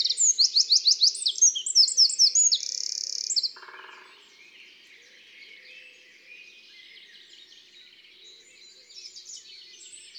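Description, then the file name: Eurasian wren song: a burst of quick, shrill notes ending in a fast trill, lasting about three and a half seconds, followed by faint twittering. "Troglodyte mignon"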